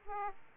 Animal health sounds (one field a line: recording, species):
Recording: mosquito wingbeat signal from an infrared sensor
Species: Aedes aegypti